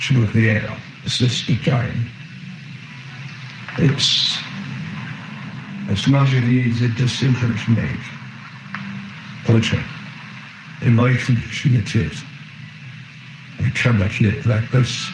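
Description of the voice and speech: An adult man with motor neurone disease speaks slowly in short, effortful bursts separated by pauses of one to two seconds, with slurred, indistinct consonants that leave most words unintelligible. This is dysarthria from motor neurone disease, which weakens the muscles used for speech. Ten months earlier he was perfectly fine; he now uses a wheelchair.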